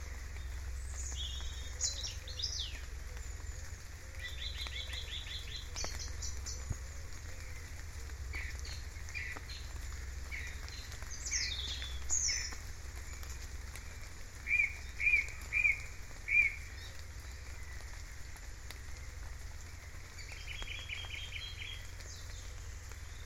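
Birdsong at a broad: scattered chirps and short trilled phrases from several birds, with a run of four loud, clear notes near the middle. Underneath runs a steady low rumble and a faint pattering hiss throughout.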